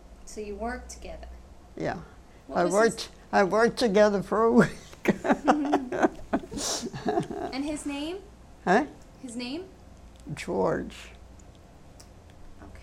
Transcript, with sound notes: So you worked together.
Yeah.
This is...
I worked - I worked together for a week. ( she laughs )
And his name?
Huh?
His name?
George.
Okay.